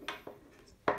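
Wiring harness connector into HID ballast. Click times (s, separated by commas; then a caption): 0.9 s. An HID kit wiring harness connector for a 2015 Toyota Highlander is pushed into the ballast's plastic connector. Two smaller snaps sound at 0.1 and 0.3 seconds, then a sharp, loud click at 0.9 seconds as it latches. The connector is seated.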